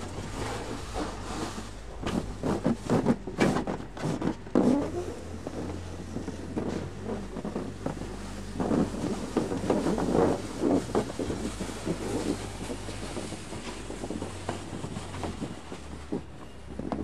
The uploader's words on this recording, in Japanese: 湯治場ラジオ 雪下ろしASMR。村井六助さんでの雪下ろしの音を配信します。会話はありません。